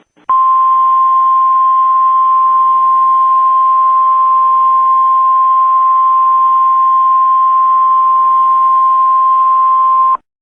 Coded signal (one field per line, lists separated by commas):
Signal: Emergency Alert System (SAME) tones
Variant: 1050 Hz attention tone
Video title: (REAL BUT RARE EAS) 6/21/13 Minnesota & Wisconsin Storm Warning EAS #2